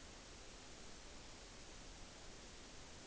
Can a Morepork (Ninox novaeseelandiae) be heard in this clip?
no